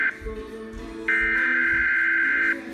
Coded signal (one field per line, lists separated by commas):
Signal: Emergency Alert System (SAME) tones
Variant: header bursts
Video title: EAS #246 Flash Flood Warning